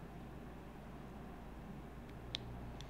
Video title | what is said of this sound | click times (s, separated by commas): Handmade, Fabric-Covered Button Magnets : Craft & Decoration Tips | and it takes a lot of strength to really snap it in there but you hear it snap and that | 2.4 s